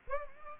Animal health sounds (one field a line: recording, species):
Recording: mosquito wingbeat signal from an infrared sensor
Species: Aedes aegypti